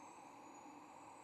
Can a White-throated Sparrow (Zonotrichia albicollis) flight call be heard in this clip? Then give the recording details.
no. No flight call is heard. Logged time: 06:23 on 24 November 2014